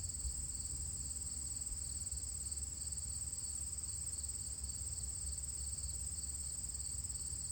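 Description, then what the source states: Cricket: an unbroken, high-pitched drone throughout, above a soft low rumble. Recorded at the edge of a field on Thursday, August 31, 2023, the last day of August, about 12 miles from where E.B. White's crickets lived.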